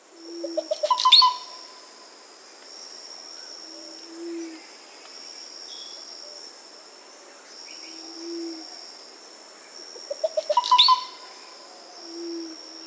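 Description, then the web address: Dusky-green oropendola song, twice: a quickening run of gurgling notes climbing in pitch, ending in a loud high liquid squeal. Soft low hooting notes repeat regularly; steady high insect-like drone throughout. South America. "Natures Songs S America Dusky-Green Oropendola"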